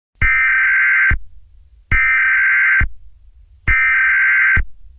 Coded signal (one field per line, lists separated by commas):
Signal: Emergency Alert System (SAME) tones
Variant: header bursts